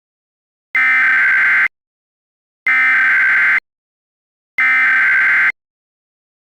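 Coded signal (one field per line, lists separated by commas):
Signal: Emergency Alert System (SAME) tones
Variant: header bursts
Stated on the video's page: Recreated mock alert made with EASyPLUS software.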